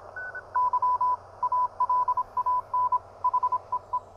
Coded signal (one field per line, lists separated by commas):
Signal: Morse code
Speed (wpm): 26 wpm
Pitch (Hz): 1000 Hz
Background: none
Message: Y ALAN HEE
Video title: Wait! Don't Buy This Pocket HF Ham Radio - uSDR Clone!!